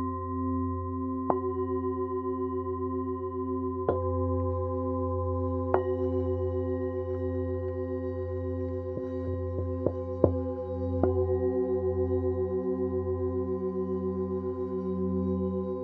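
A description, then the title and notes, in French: Tibetan singing bowls hum in a steady, pulsing drone, with sharp strikes around two, four, six seconds and a cluster near ten. Bols tibétains.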